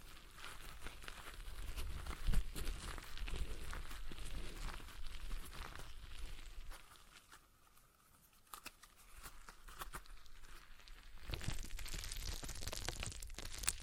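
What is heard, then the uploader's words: A stress ball is squeezed and worked in the hands, making soft crinkling, crunching rustles in dense, irregular bursts. The sound eases and thins out around the seventh to ninth second, then builds again, growing brighter and busier toward the end. ASMR Relaxing Stress Ball Sounds (No Talking).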